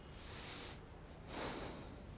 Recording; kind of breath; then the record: one breath in and out by a microphone near the nose and mouth; deep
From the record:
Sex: male